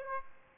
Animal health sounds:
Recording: mosquito wingbeat signal from an infrared sensor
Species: Aedes aegypti

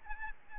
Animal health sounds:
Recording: mosquito wingbeat signal from an infrared sensor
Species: Aedes albopictus

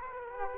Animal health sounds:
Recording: mosquito wingbeat signal from an infrared sensor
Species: Culex quinquefasciatus

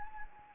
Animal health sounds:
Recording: mosquito wingbeat signal from an infrared sensor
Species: Anopheles arabiensis

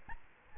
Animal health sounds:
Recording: mosquito wingbeat signal from an infrared sensor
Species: Aedes albopictus

